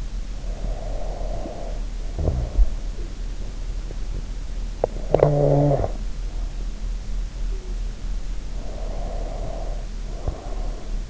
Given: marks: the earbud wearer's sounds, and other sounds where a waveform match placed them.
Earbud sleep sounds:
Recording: sounds in sleep by an in-ear microphone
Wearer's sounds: snoring breath, breath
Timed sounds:
0.00-2.65 s: snoring breath
4.99-6.34 s: snoring breath
7.28-8.05 s: sound from someone else or the room
8.57-11.10 s: breath

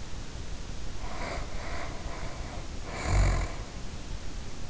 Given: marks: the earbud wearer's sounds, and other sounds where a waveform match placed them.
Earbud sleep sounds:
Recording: sounds in sleep by an in-ear microphone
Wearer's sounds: snoring breath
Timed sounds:
0.86-4.01 s: snoring breath

